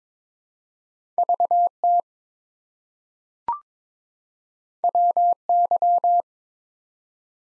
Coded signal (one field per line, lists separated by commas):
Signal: Morse code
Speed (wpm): 22 wpm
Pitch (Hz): 700 Hz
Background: none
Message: VT WY